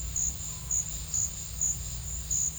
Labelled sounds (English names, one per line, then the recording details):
none
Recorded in secondary vegetation near Puerto Asís, Putumayo, Colombia, on 8 March 2025 at 15:30
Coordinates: 0.498, -76.327
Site G001